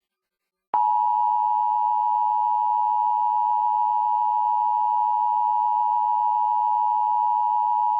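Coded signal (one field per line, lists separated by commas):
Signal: Emergency Alert System (SAME) tones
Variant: 853 and 960 Hz attention tone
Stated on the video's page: Simulated Required Monthly Test with a text-to-speech voice used for the EAS message.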